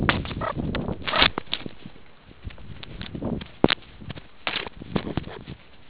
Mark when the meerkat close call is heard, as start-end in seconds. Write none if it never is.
0.40-0.53, 1.10-1.28